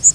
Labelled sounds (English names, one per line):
Northern Waterthrush flight call